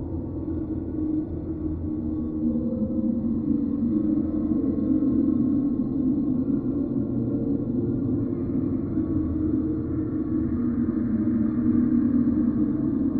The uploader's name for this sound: Spooky Windy Forest Ambient Sounds